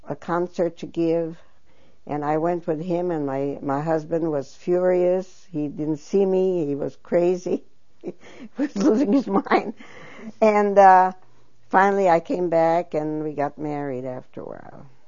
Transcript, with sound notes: concert to give, and I went with him, and my husband was furious. He didn't see me. He was crazy. ( she laughs ) He was losing his mind. And finally I came back and we got married after a while.